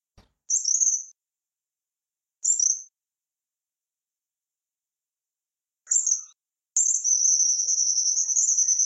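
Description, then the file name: Tropical kingbird giving three spaced, high, downslurred chips, then launching into a long, buzzy, twittering trill at the end. "canto do suiriri"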